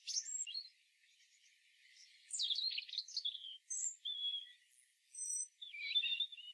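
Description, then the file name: European robin song: soft high warbling, then rich twittering phrases and pure thin whistles, ending in a quick trilled flourish. "Erithacus rubecula"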